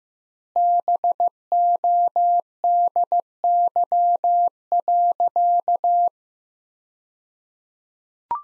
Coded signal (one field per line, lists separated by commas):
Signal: Morse code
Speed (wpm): 15 wpm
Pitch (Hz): 700 Hz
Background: none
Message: BODY.